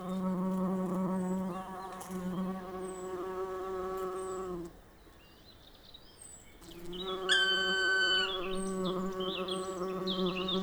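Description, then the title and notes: Bumblebee flight buzz, a steady deep drone that breaks off for about two seconds and then returns, with a loud ringing bird call and high twittering birds above. A bumblebee passing by in a well-advanced morning chorus, 1 June 2020, Piste aux espagnols, recorded on a Nagra LB with an MKH 8020 omni microphone. "Piste aux espagnols. le passage d&#39;un bourdon"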